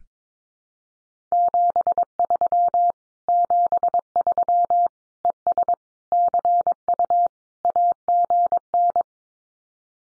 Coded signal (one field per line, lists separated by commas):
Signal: Morse code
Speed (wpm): 22 wpm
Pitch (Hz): 700 Hz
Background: none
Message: 73 73 ES CU AGN